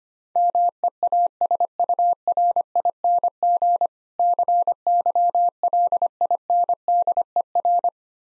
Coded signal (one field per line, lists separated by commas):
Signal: Morse code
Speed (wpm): 25 wpm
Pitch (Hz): 700 Hz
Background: none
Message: MEASURING CYLINDER